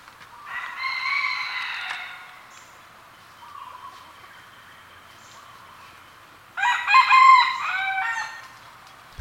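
Red junglefowl crows twice, a rasping harmonic crow near the start and another stronger, choppier crow about six seconds later, with soft bird notes between.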